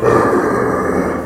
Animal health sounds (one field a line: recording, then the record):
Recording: squeal of a Yucatan mini pig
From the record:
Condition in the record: after surgery on the right vocal fold (resection and tissue-engineered implant)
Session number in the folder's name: 2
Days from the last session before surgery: 18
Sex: female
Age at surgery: 19 weeks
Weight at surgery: 25 kg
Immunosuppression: prednisolone